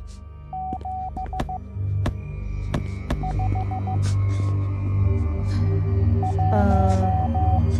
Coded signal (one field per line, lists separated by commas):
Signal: Morse code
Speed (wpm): 15 wpm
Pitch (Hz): 750 Hz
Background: none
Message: 7 5 1